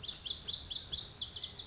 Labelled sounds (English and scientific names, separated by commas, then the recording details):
Pacific Wren (Troglodytes pacificus)
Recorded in Sonoma County, California